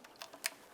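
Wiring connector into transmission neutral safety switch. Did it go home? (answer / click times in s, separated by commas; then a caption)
yes / 0.5 s. A plastic electrical wiring connector is pushed onto the transmission neutral safety switch under a 1998-2002 Lincoln Navigator during a transmission oil pan replacement. Two faint ticks at about 0.1 s and 0.2 s lead up to a sharp, bright click at 0.5 s as the connector seats. The connector clicks in and is secured.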